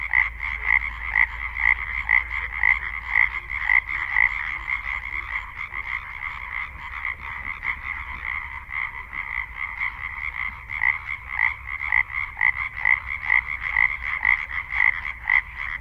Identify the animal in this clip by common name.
Common Tree Frog